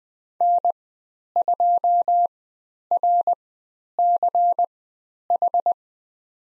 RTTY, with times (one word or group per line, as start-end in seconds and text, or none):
none